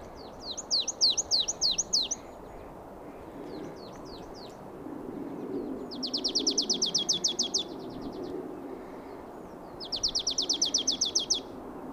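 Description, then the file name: Marsh tit calling: several short high downslurred notes, then two fast rattling trills of sharp repeated notes, over a low rumbling background. "Poecile palustris"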